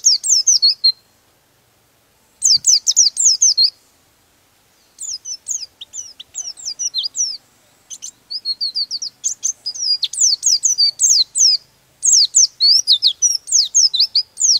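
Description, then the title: Bird: bird song: high chirping phrases that grow longer and nearly continuous in the second half, a dense run of sharp, slurred notes. Master recording used for training birds. "Master Burung Jos"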